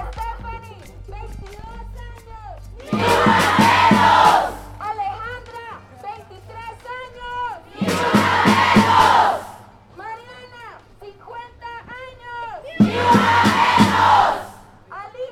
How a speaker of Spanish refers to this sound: Hoy, como ayer, como hace un mes, como hace un año, volvemos a tomar las calles para gritar en una sola voz, ¡basta ya! ¡Ni una menos! ¡Vivas nos queremos!